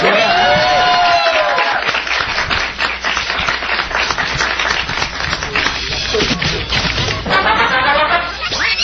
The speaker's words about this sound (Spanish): Nos despedimos con alegría y con aplausos, muchachos. ¿Sí?